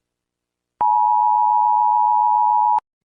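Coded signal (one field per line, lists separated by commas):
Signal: Emergency Alert System (SAME) tones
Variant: 853 and 960 Hz attention tone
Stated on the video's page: Homemade fake EAS alert.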